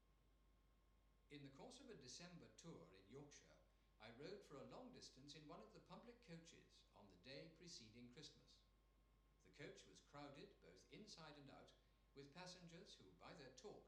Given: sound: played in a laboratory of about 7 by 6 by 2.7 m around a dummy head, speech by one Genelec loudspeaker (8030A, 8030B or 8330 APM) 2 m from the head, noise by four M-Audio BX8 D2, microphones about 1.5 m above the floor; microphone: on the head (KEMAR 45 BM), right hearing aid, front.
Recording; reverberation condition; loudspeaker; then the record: male speech in English; medium; 30 degrees to the right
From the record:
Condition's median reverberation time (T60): about 510 ms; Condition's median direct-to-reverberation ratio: about -0.5 dB